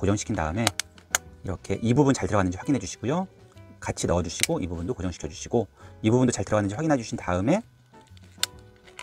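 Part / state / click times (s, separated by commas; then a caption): prescription insert clip into sport sunglasses frame / seated / 8.4 s, 9.0 s. Someone talks over background music while pushing a plastic HILX Thinlight prescription lens clip into the second frame of HILX Youngblood sport sunglasses goggles. Two sharp clicks at 8.4 s and 9.0 s show the clip seating fully into the frame.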